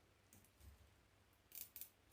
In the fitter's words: Hear that clicking?